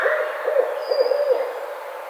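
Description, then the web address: Barred owl hooting, a run of low rounded hoots, with a faint high whistle-like tone in the background. 2009-05-04. "sounds birds Barred Owl 2009 05 04 Barred Owl"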